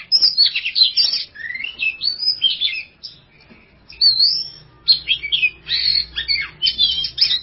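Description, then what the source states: Oriental magpie-robin song: varied whistled and scratchy phrases with a brief pause near the middle, then fast bursts resume over a faint low hum. Champion songbird.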